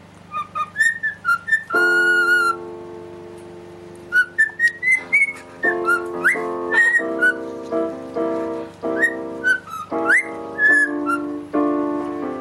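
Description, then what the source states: Cockatiel whistling a run of short bright notes, some upward slurs, with piano chords entering partway and repeating. Parrot singing along with a pianist playing the piano.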